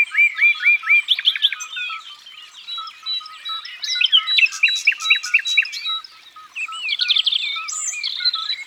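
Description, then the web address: Common nightingale song opening with quick repeated rising notes, followed by rapid trills, clicks and liquid whistled twists in changing phrases. "Rossignol philomele. abc de la nature"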